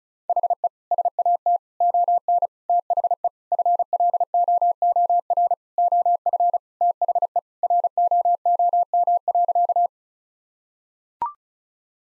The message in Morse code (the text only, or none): HE SAT ON THE FLOOR OF THE ROOM.